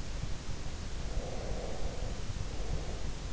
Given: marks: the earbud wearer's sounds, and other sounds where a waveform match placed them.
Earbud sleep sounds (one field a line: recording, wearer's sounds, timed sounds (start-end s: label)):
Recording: sounds in sleep by an in-ear microphone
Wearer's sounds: breath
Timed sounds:
1.11-3.32 s: breath